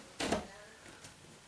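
A battery smoke detector is twisted clockwise onto its ceiling mounting plate, and a sharp click at 0.2 s, with a brief rattling burst just after, marks it catching its notches. It is confirmed seated and good, and only faint small ticks follow in the quiet.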